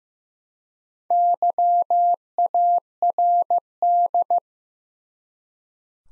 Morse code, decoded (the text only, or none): YARD